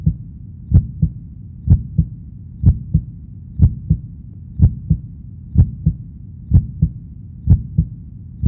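A steady, regular heartbeat at about 62 beats per minute. Each beat is a low, thudding pair of sounds, heard as a calm beating-heart sound for sleep, relaxation and meditation.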